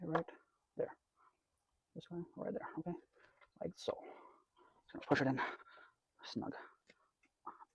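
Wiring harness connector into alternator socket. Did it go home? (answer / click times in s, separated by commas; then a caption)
no / none. Someone talks while pushing a wiring harness plug by hand toward the alternator socket during an alternator replacement on a 2003–2008 Toyota Corolla. Brief handling sounds follow between the speech. The clip ends before the connector goes home, so nothing has seated or clicked yet.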